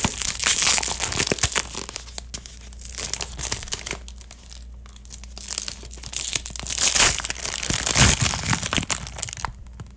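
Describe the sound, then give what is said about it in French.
A foil-lined bag of chocolate cookies crinkles and crackles as it is opened, with sharp, bright rustling bursts that swell and ease over several seconds, loud and continuous with no voices. “On dirait que tu te limes les ongles avec le sac.”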